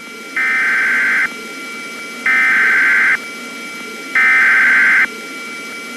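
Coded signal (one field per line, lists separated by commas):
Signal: Emergency Alert System (SAME) tones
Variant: header bursts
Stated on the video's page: Fictional Christmas EAS scenario with valid tones.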